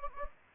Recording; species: mosquito wingbeat signal from an infrared sensor; Anopheles gambiae